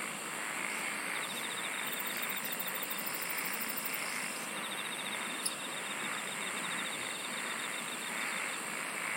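Insects singing: a shrill continuous drone with long stretches of quick pulsed trilling and a very high buzzing train early on.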